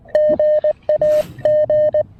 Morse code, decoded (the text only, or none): GAG